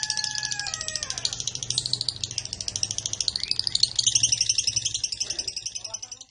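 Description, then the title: Lovebird chattering song, a dense, continuous run of rapid high twittering and squeaky notes throughout, with a few lower whistled slurs near the start. Recorded in East Java, Indonesia. "Super Lovebird Jawa Timur"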